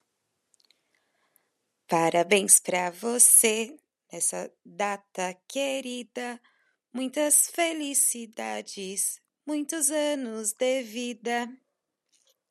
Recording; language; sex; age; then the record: short text; Brazilian Portuguese; female; 20 to 29 years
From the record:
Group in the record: control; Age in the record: 28 years